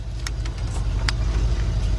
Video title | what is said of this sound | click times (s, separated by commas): Hyundai XG350 Santa Fe Kia Amanti Spark Plugs And Ignition Wires Replacement 2002-2006 | You see, got that little lip right there, so you just gonna go up there till it snaps right into place. | 1.1 s